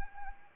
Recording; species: mosquito wingbeat signal from an infrared sensor; Anopheles arabiensis